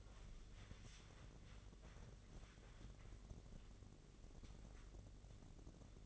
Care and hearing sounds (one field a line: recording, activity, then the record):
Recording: daily activity, microphone in the room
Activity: wipe stove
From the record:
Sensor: 4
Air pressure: 1013.2 hPa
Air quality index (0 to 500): 175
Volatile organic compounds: 2 ppm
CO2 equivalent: 1102 ppm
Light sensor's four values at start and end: 95/239/98/104 and 93/233/96/101